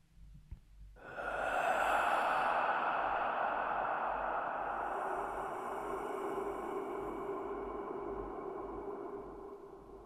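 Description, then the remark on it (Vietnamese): A soft, airy breathing sound from someone breathing gently behind a woman in a bathroom rises after a moment of quiet and holds as one long, steady breathy hiss with a faint hollow tone, with no voices. “Cô có linh cảm như ai đó đang nhẹ nhàng thở ở ngay đằng sau lưng cô.”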